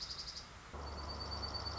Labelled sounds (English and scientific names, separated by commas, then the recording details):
Dark-eyed Junco (Junco hyemalis)
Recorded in Sonoma County, California